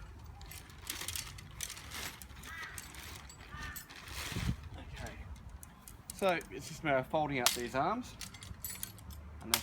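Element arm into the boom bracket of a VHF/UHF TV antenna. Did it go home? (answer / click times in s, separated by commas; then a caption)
yes / 9.5 s. Someone talks while folding the metal element arms of a VHF/UHF TV antenna out of their transport position, with light rattling and clicks along the way. At 9.5 s a sharp, loud click sounds as an element arm snaps into place in the boom bracket and locks there.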